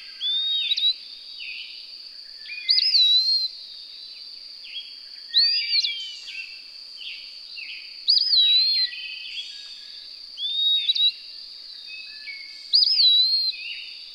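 Bird song: repeated whistled phrases, rising then falling slurs, six phrases at fairly even intervals, with faint twittering between and an unbroken high drone.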